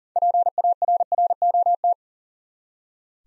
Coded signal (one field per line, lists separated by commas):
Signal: Morse code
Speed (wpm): 40 wpm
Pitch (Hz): 700 Hz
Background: none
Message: PARROT